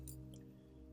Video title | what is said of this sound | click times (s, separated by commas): Timex Tribute: Recreating the Classic Smokey and the Bandit Watch! | And bezel just clicks into place, just like that. | 0.1 s